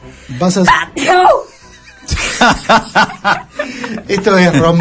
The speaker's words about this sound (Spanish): El tipo estornuda.